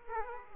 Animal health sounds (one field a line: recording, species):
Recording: mosquito wingbeat signal from an infrared sensor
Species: Aedes aegypti